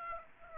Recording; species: mosquito wingbeat signal from an infrared sensor; Aedes aegypti